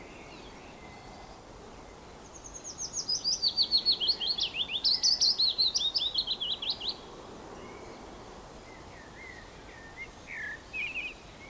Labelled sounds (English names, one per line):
Willow Warbler